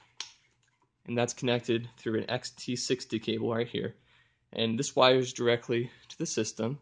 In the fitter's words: audio jack type style that one that locks into place and this will just click directly into here